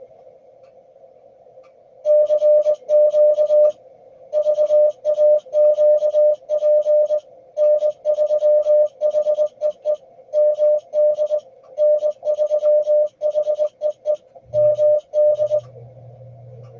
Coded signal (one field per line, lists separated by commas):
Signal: Morse code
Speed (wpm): 19 wpm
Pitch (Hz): 600 Hz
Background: music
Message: CQ VAQP N3HEE MD N3HEE MD